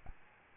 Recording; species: mosquito wingbeat signal from an infrared sensor; Aedes albopictus